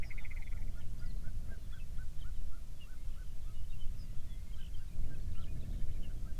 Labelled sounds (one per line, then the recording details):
songbird
waterfowl
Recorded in the Arctic National Wildlife Refuge, Alaska, on 23 May 2019 at 05:21
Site 49